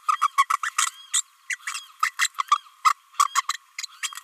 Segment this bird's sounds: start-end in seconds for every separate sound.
0.08-0.17, 0.37-0.46, 0.49-0.58, 0.63-0.70, 0.78-0.90, 1.13-1.22, 1.49-1.57, 1.67-1.74, 2.02-2.13, 2.19-2.29, 2.38-2.42, 2.51-2.57, 2.84-2.93, 3.18-3.25, 3.35-3.42, 3.48-3.53, 3.78-3.86, 4.03-4.09